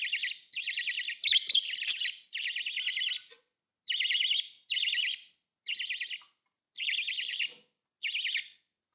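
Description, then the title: Budgerigar calls: bursts of buzzy, warbling chirps, each about half a second to a second long, repeated with short gaps, bright and high-pitched throughout. "Budgie Sounds"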